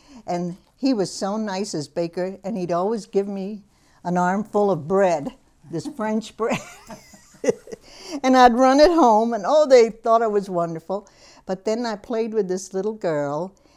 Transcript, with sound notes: And he was so nice, this baker, and he'd always give me an armful of bread, this French bread. ( she laughs ) And I'd run it home and, oh, they thought it was wonderful. But then I played with this little girl.